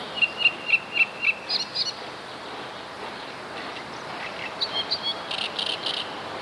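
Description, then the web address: Great reed warbler song: a short series of sharp, repeated creaky notes at the start, a pause, then another harsh chattering phrase near the end. "wroblowe kolekcja trzciniak"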